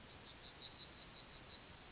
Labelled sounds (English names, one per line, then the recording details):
Yellowhammer song
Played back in forest
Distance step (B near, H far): E
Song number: 142